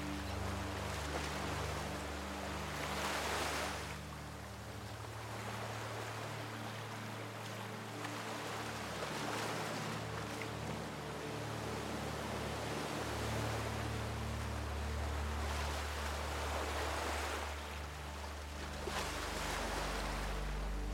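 Ocean surf rushes steadily, with broader swells building around 3, 10 and 18 seconds before easing back. Beneath the wash sit sustained low tones that shift slowly in pitch, like a soft drawn-out melody, holding at an even level throughout.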